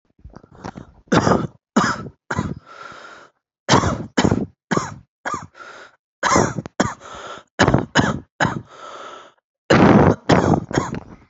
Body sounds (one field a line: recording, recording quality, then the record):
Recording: heavy voluntary cough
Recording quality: excellent, no background noise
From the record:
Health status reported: healthy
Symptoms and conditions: none ticked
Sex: male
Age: 18 years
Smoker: not ticked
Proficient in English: yes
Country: India